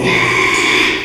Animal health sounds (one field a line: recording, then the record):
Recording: squeal of a Yucatan mini pig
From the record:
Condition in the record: after surgery on the right vocal fold (resection and tissue-engineered implant)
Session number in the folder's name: 1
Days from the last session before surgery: 6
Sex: male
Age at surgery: 12 weeks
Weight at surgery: 13 kg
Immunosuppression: cyclosporine, prednisolone